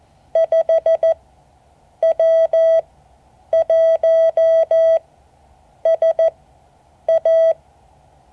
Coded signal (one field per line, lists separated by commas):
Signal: Morse code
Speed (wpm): 14 wpm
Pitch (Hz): 650 Hz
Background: none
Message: 5W1SA